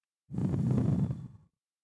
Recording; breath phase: one breath near a microphone; exhalation